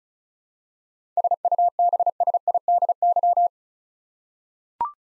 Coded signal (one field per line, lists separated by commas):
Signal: Morse code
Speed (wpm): 36 wpm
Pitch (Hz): 700 Hz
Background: none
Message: SUBSIDY